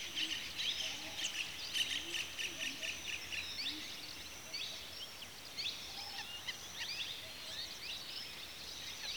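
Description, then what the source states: Bird: dense chorus of high, thin chirps and tweets from many birds, continuous and overlapping, with faint lower notes underneath. Several birds calling at a watering hole in the afternoon.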